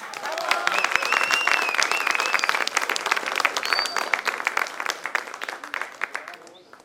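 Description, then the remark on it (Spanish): A crowd applauds Chilean payadores steadily with dense, loud clapping, mixed with cheering voices from a group of supporters and a few high whistles, before the clapping thins and fades near the end. “Lo que pasa es que en San José de Maipo y en Puente Alto no lo aplaudió nadie, por eso trajo barra hoy día.”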